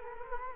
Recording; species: mosquito wingbeat signal from an infrared sensor; Culex quinquefasciatus